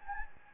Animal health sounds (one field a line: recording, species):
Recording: mosquito wingbeat signal from an infrared sensor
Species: Anopheles gambiae